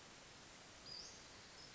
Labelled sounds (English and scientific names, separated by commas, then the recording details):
Western Flycatcher (Empidonax difficilis)
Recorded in Sonoma County, California